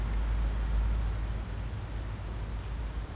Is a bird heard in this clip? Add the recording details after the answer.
no. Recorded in pastures near Puerto Asís, Putumayo, Colombia, on 19 March 2025 at 09:00. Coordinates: 0.472, -76.329. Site G074